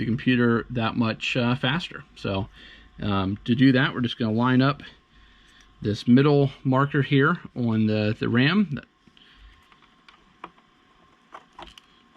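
A RAM module is lined up by its middle notch with the key and retaining tabs of the laptop-style memory slot in a Mac Mini G4, before being pressed down. Someone talks for the first 9 seconds, then small handling taps are heard between 9.2 and 11.8 seconds. Nothing has seated or clicked yet.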